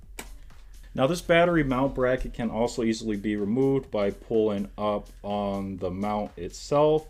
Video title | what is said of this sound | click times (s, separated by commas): Oculus / Meta Quest 2: SiLoKe VQ2 Head Strap With Battery Mount Bracket Unbox & Review! | and this is going to be nice and smooth and it actually clicks into place | 0.2 s